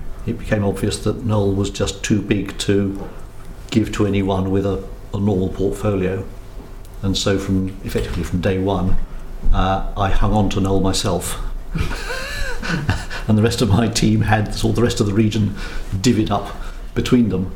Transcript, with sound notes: it became obvious that Knole was just too big to give to anyone with a normal portfolio. And so effectively from day one I hung onto Knole myself. [laughter ] And the rest of my team had all the rest of the region divvied up between them.